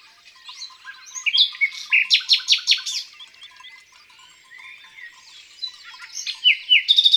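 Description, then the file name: Common nightingale song: a quiet start, then five or six loud, hard repeated strokes, a pause, and a rapid rattling trill at the close. Recorded in the countryside. "Rossignol philomele Chants doiseaux dans la campagne"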